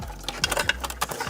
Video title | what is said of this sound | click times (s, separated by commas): BMW F45 F46: Apple Carplay & Android Auto retrofit install | Just push it all in here. As you can see, quick snap. Very important. | 0.7 s